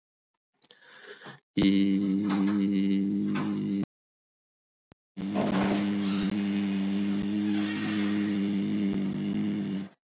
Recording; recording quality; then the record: sustained vowel as in beet; excellent, no background noise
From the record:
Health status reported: healthy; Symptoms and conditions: none ticked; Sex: male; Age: 40 years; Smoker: not ticked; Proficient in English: yes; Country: India